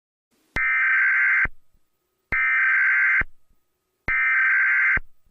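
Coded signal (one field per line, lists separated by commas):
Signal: Emergency Alert System (SAME) tones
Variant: header bursts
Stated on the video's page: Fictional emergency alert scenario; simulated tones, not a real broadcast.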